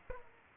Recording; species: mosquito wingbeat signal from an infrared sensor; Aedes aegypti